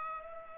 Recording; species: mosquito wingbeat signal from an infrared sensor; Culex pipiens